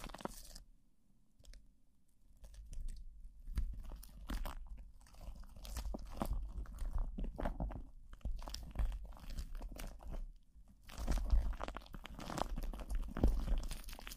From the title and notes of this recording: PLASTIC WRAP ON THE MIC (EXTRA TINGLY).